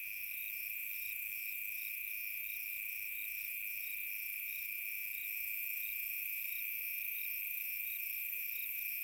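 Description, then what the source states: Crickets chirp in a continuous high-pitched chorus, rhythmic pulses layered over an unbroken shrill buzz. Summer night.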